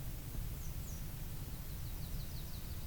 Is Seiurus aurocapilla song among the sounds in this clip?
no